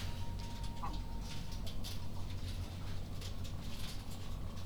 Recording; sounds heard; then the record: poultry house recording; healthy chickens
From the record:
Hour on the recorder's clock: 22